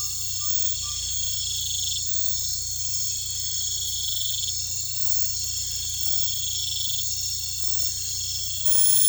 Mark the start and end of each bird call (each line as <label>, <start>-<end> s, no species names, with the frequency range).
bird call (0.8-1.6 kHz), 0.00-1.14 s